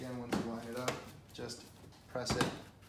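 Someone talks while a plastic interior trim panel on a Tesla Model S is handled and lined up to be pressed down so its clips go into the car body, during an Autopilot 2 front camera installation. Short broadband handling knocks and rubs are heard at about 0.3, 0.9 and 2.2 to 2.4 seconds. The panel is not home yet, and nothing has seated or clicked.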